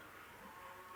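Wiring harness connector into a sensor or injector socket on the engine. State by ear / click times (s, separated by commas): not seated / none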